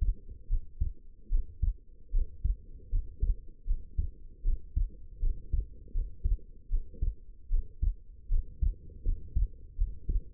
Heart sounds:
heart sounds by stethoscope; 78 bpm
0.48 s: heartbeat
1.30 s: heartbeat
2.12 s: heartbeat
2.90 s: heartbeat
3.66 s: heartbeat
4.43 s: heartbeat
5.20 s: heartbeat
5.93 s: heartbeat
6.69 s: heartbeat
7.49 s: heartbeat
8.29 s: heartbeat
9.04 s: heartbeat
9.76 s: heartbeat
From the record:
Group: healthy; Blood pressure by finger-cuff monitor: 98/60 mmHg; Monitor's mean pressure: 72 mmHg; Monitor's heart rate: 76 bpm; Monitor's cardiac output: 5.9 L/min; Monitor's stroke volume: 78 mL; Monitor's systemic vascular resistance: 870 dyn s/cm5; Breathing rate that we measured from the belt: 19 breaths a minute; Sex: female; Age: 19 years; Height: 163 cm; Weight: 51 kg

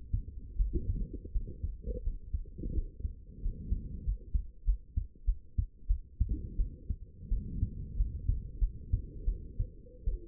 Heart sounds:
heart sounds by stethoscope; 89 bpm
0.57 s: heartbeat
1.32 s: heartbeat
2.03 s: heartbeat
2.74 s: heartbeat
3.42 s: heartbeat
4.04 s: heartbeat
4.65 s: heartbeat
5.25 s: heartbeat
5.87 s: heartbeat
6.57 s: heartbeat
7.29 s: heartbeat
7.96 s: heartbeat
8.59 s: heartbeat
9.25 s: heartbeat
10.05 s: heartbeat
From the record:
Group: healthy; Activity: cold pressor test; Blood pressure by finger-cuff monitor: 101/60 mmHg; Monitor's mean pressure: 80 mmHg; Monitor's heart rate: 87 bpm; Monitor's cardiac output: 7.3 L/min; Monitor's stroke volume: 85 mL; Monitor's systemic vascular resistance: 780 dyn s/cm5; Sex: female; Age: 22 years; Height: 161 cm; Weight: 65.5 kg

